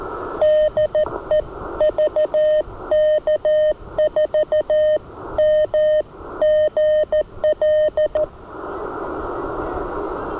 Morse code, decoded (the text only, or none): DE VK4MGL